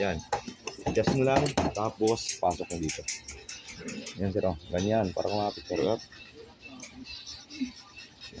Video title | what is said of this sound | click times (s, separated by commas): DBell 059M inspection part 2 | An s parang hindi kumapit sir. | none